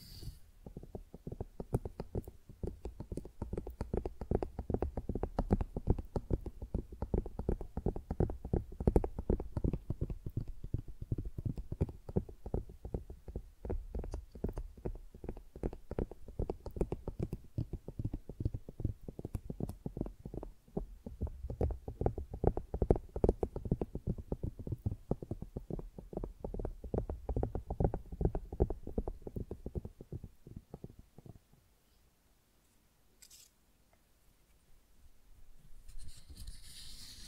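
Close, tingly flower sounds: rapid, dense tapping and crinkling with a soft, low body, running almost without pause for about thirty seconds. Around the thirty-second mark it drops nearly to silence, then a few brighter crackles return near the end.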